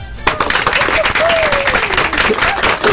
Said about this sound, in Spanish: ¡Aplausos!